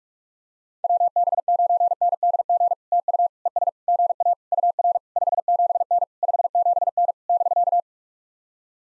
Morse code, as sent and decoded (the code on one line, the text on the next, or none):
.-- -... ----. -. -.. --. / - ..- / . ... / --. .- / ..- .-. / ..... --... -. / ..... --... -. / -...-.-
WB9NDG TU ES GA UR 57N 57N <BK>